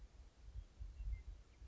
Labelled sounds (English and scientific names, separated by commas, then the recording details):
Western Meadowlark (Sturnella neglecta)
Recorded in Sonoma County, California